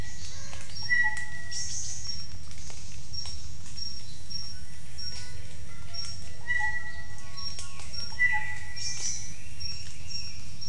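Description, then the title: Bird calls, short whistled notes repeated at intervals over a busy chorus of other birds, with a constant low rumble. Jungle at Mungku Baru, Central Kalimantan, Indonesia. "丛林中的鸟叫_黑色喜p-印度尼西亚中加里曼丹省Mungku Baru"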